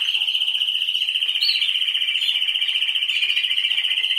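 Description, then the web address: Canary delivering a continuous rapid rolling trill at one steady high pitch, pulsing evenly throughout. "Canari Seda Canari"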